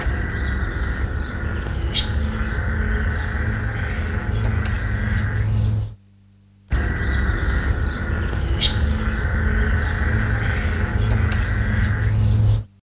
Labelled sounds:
Double-toothed Barbet call

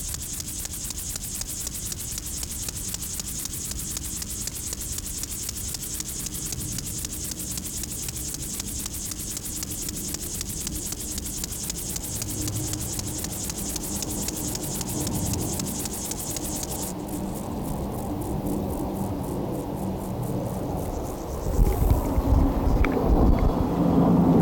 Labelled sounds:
Upland Field Grasshopper stridulation

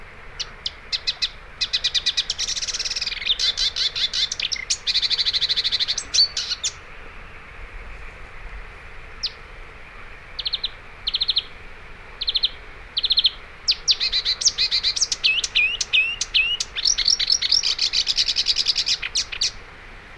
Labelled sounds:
Marsh Warbler song

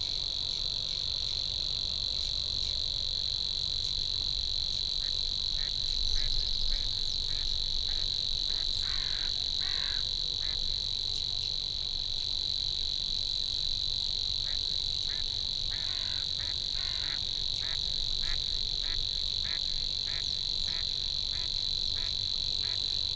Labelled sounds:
Savi's Warbler song

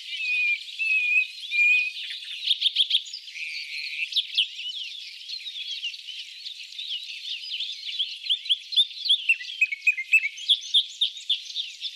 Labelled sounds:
Common Nightingale song

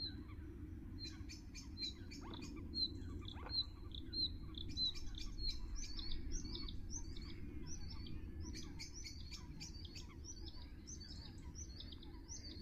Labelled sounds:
Bluethroat song

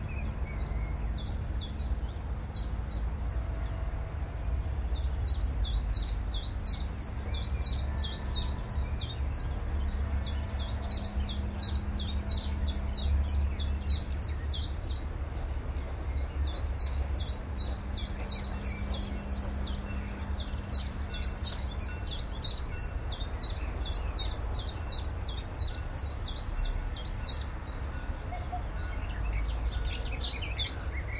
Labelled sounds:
Willow Warbler

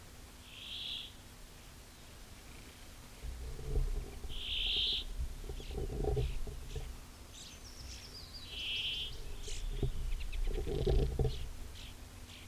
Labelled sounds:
Brambling song

